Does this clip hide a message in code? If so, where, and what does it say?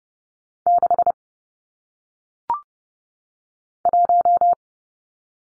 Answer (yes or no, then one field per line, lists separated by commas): yes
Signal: Morse code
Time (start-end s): 0.7-4.5 s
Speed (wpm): 30 wpm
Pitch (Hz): 700 Hz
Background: none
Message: 6 1